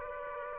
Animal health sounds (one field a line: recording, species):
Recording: mosquito wingbeat signal from an infrared sensor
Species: Aedes aegypti